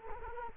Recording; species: mosquito wingbeat signal from an infrared sensor; Culex quinquefasciatus